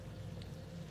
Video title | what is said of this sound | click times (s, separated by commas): Set up: Pollak 5th Wheel / Gooseneck T-Connector with 7-Pole on a 2015 Chevrolet Silverado 2500 | take our receptacle here snap that in place hear that click and then we have this lock | 0.4 s